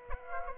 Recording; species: mosquito wingbeat signal from an infrared sensor; Aedes aegypti